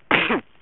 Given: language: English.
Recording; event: throat vibration sensor signal played as sound; cough